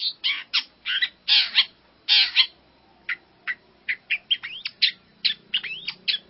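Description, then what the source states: Long-tailed shrike song, a rapid string of harsh, buzzy bursts and chirps, then sharper notes and quick slurs, each with a short pause between. Song in the combination (kombinasi) style of mixed mimicry, used for training.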